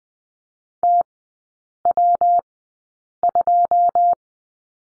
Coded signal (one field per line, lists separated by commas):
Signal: Morse code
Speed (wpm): 20 wpm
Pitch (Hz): 700 Hz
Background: none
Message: TW2